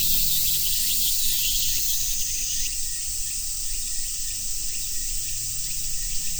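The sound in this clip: Dense, shrill cicada hiss sounds loudest at first, then settles to a softer steady drone without clear separate chirps.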